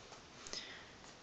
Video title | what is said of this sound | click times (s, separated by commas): Toshiba Thrive back plate swap: How To | the sides should peel off relatively easy and snap right off | 0.5 s